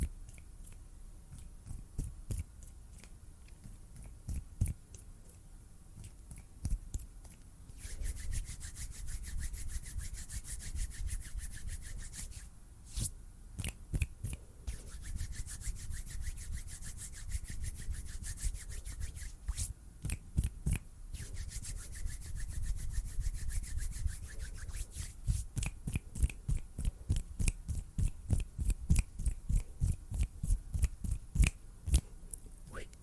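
Hand sounds fill the clip: steady rubbing and brushing with sharp snaps and taps scattered through it. The pace shifts from slow and sparse to rapid, dense bursts, especially in the final seconds, with uneven, unpredictable timing.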